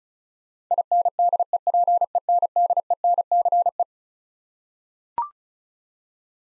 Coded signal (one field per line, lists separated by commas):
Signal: Morse code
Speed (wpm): 36 wpm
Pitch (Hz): 700 Hz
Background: none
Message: INDEPENDENCE